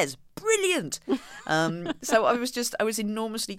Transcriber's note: laughter